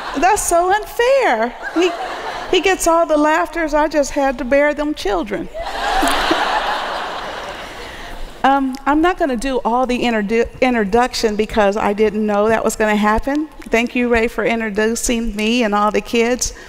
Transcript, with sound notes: That’s so unfair! He gets all the laughter, I just had to bear all those children! (laughter) I’m not going to do all the introduction, because I didn’t know that was going to happen. Thank you, Ray, for introducing me and all the kids.